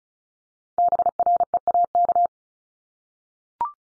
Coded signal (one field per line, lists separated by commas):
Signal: Morse code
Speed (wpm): 36 wpm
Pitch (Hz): 700 Hz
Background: none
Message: BREAK